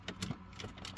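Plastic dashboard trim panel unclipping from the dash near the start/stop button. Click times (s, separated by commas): 0.1 s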